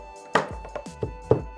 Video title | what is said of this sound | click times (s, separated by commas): Огляд Aputure Amaran F22x: Революція у студійному світлі! | Ну і після того, як ми закріпили всі наші гачки, необхідно натиснути на павука для того, щоб він зафіксувався. | 0.4 s, 1.3 s